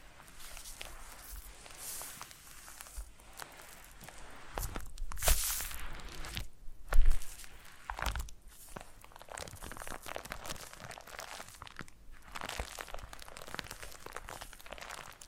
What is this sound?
Foam Massage